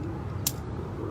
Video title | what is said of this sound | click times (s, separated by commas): Archery Clinic Part 3: Equipment | actuate it you would actually have to push down and let's see if you could hear that click and that will | 0.5 s